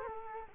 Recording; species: mosquito wingbeat signal from an infrared sensor; Culex quinquefasciatus